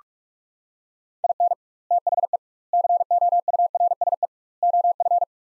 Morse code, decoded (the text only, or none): IN THE COURSE OF